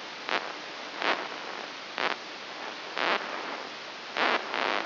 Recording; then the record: brain microelectrode recording played as sound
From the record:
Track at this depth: inside the subthalamic nucleus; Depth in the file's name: 3.202 mm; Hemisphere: right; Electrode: 3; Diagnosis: Parkinson's disease